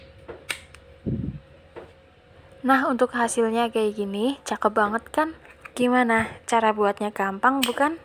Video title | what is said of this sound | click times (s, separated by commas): IDE TAKJIL BUKA PUASA 2025‼️SEHAT & BIKIN SEGER DI TENGGOROKAN | Oke kalau udah diisi semua lanjut kita tutup sampai bunyi krk gitu ya sampai ngunci biar enggak bocor | 0.5 s